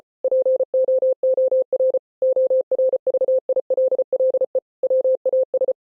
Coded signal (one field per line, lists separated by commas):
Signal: Morse code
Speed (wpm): 33 wpm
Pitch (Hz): 520 Hz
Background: none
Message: POOR ORVILLE WAS